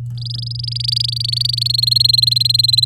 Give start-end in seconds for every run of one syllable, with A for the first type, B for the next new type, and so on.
0.17-1.68 A, 1.69-2.85 B